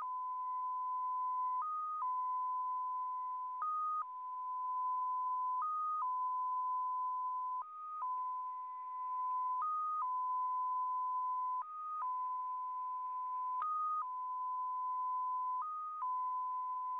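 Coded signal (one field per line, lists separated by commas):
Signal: numbers station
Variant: XPA2 MFSK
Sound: steady mid tone with a short higher-pitched step every two seconds, eight times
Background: faint radio static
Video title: XPA2, 14:40 14828 kHz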